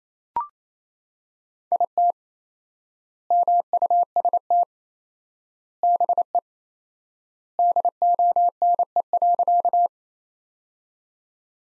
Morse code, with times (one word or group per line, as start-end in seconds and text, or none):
1.7-2.1 IT
3.3-4.6 MUST
5.8-6.4 BE
7.6-9.9 DONE.